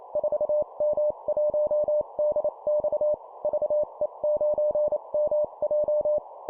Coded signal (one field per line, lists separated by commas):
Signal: Morse code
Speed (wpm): 28 wpm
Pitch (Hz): 600 Hz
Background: none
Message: 4M1DX VE9MJ